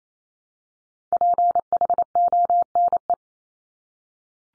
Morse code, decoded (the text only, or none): PHONE